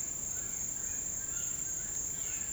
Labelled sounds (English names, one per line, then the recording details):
White-throated Toucan
Violaceous Jay
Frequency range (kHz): Violaceous Jay 2.0-4.5 kHz
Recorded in dense forest near Puerto Asís, Putumayo, Colombia, on 30 June 2025 at 09:30
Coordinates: 0.503, -76.323
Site G059